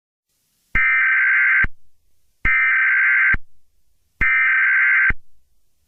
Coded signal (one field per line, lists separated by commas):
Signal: Emergency Alert System (SAME) tones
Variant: header bursts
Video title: Eas alert for my brother